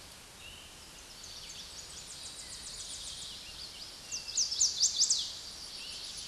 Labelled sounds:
Chestnut-sided Warbler (Setophaga pensylvanica) song
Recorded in a Pennsylvania forest on 16 May 2024 at 06:06
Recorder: AudioMoth, point MSD-1534
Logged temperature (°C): 15.6 °C
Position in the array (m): 41 m, 30 m

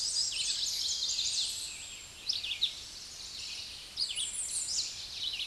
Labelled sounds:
American Redstart (Setophaga ruticilla) song
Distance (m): 20 m
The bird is about 15 m above the microphone
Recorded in a Pennsylvania forest on 16 May 2024 at 08:53
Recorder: AudioMoth, point MSD-2273
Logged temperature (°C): 16.0 °C
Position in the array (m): 57 m, 233 m

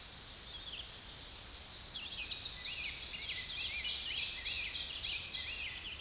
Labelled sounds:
Ovenbird (Seiurus aurocapilla) song
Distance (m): 40 m
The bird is about 5 m above the microphone
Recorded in a Pennsylvania forest on 16 May 2024 at 06:55
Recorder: AudioMoth, point MSD-1338
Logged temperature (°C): 12.6 °C
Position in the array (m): 138 m, 8 m

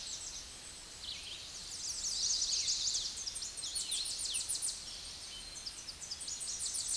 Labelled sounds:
Tennessee Warbler (Leiothlypis peregrina) song
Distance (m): 30 m
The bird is about 25 m above the microphone
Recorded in a Pennsylvania forest on 16 May 2024 at 09:56
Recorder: AudioMoth, point MSD-1401
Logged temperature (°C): 16.4 °C
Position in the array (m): 64 m, 171 m

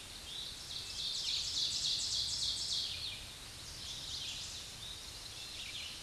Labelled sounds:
Ovenbird (Seiurus aurocapilla) song
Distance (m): 45 m
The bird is about 10 m above the microphone
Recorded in a Pennsylvania forest on 16 May 2024 at 06:25
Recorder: AudioMoth, point MSD-2146
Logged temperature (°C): 16.7 °C
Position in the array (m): 131 m, 4 m

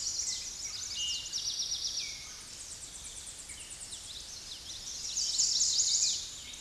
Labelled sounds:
Eastern Towhee (Pipilo erythrophthalmus) song
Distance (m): 20 m
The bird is about level with the microphone
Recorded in a Pennsylvania forest on 16 May 2024 at 08:02
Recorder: AudioMoth, point MSD-1405
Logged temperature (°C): 15.6 °C
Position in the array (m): 183 m, 197 m

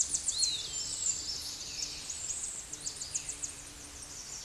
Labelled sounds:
Tennessee Warbler (Leiothlypis peregrina) song
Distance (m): 25 m
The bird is about 20 m above the microphone
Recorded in a Pennsylvania forest on 16 May 2024 at 09:52
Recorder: AudioMoth, point MSD-1293
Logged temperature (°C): 12.0 °C
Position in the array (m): 67 m, 167 m

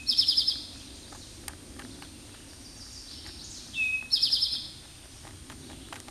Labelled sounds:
Eastern Towhee (Pipilo erythrophthalmus) song
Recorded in a Pennsylvania forest on 16 May 2024 at 09:47
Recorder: AudioMoth, point MSD-0627
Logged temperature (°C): 14.8 °C
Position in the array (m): 108 m, 8 m

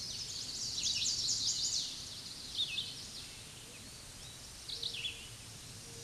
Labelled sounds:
Red-eyed Vireo (Vireo olivaceus) song
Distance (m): 15 m
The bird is about 5 m above the microphone
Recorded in a Pennsylvania forest on 16 May 2024 at 06:25
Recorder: AudioMoth, point MSD-2257
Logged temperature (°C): 16.0 °C
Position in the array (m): 199 m, 172 m

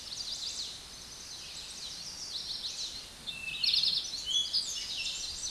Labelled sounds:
Eastern Towhee (Pipilo erythrophthalmus) song
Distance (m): 30 m
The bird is about 20 m above the microphone
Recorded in a Pennsylvania forest on 16 May 2024 at 08:56
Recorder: AudioMoth, point MSD-2058
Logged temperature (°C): 11.8 °C
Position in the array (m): 60 m, 14 m

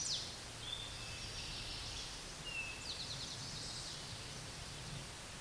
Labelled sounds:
Eastern Towhee (Pipilo erythrophthalmus) song
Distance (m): 35 m
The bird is about 5 m below the microphone
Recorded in a Pennsylvania forest on 16 May 2024 at 09:51
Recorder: AudioMoth, point MSD-1849
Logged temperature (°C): 12.1 °C
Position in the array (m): 3 m, 44 m

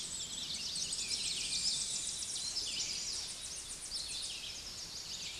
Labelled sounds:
Tennessee Warbler (Leiothlypis peregrina) song
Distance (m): 50 m
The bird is about 5 m below the microphone
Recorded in a Pennsylvania forest on 16 May 2024 at 09:40
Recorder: AudioMoth, point MSD-0407
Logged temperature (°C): 15.8 °C
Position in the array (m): 29 m, 189 m

